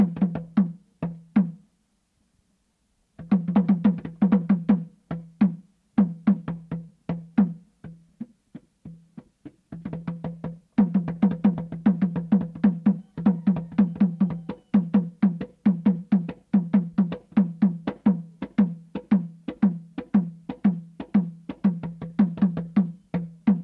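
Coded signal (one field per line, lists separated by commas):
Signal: talking drum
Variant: Saramaka apinti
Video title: Apínti: Talking drum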